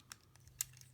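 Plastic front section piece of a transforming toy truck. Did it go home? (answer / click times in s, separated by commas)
no / none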